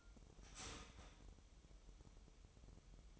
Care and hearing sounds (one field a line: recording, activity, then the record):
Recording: daily activity, microphone in the room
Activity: start toaster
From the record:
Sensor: 1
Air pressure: 988.6 hPa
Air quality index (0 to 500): 196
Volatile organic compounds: 932 ppm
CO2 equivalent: 5231 ppm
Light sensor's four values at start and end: 25/94/35/37 and 25/94/35/37